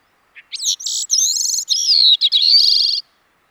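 Bicknell's thrush song: a short soft opening note, then a high, thin, wiry phrase of fluty and buzzy notes, dipping in pitch before ending in a rapid, trilled flourish.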